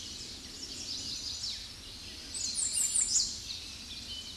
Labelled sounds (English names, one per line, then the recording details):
American Redstart song
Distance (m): 10 m
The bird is about 10 m above the microphone
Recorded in a Pennsylvania forest on 16 May 2024 at 07:20
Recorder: AudioMoth, point MSD-2273
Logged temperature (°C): 16.0 °C
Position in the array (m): 49 m, 223 m